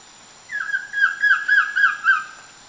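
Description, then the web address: Collared trogon song, roughly seven mellow notes repeated in an even rhythm, each with a small rise and fall. Recorded in Ecuador. "Natures Songs S America Birds of Ecuador Collared Trogon"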